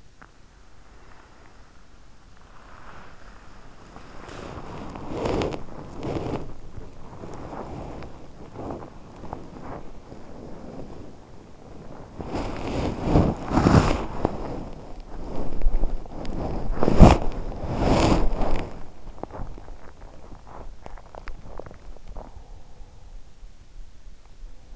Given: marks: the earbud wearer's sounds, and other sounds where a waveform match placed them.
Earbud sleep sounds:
sounds in sleep by an in-ear microphone; body movement, teeth grinding
0.00-24.75 s: body movement
19.62-22.93 s: teeth grinding
21.90-23.59 s: sound from someone else or the room

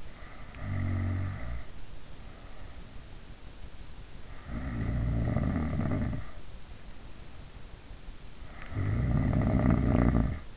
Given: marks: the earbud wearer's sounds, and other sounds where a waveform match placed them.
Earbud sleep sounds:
sounds in sleep by an in-ear microphone; snoring breath
0.00-2.17 s: snoring breath
4.23-6.52 s: snoring breath
8.46-10.57 s: snoring breath

